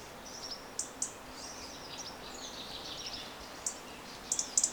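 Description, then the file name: European robin calling, thin high warbling phrases with sharp clicking ticks scattered through, more ticks near the end, over a soft hiss. "Erithacus rubecula"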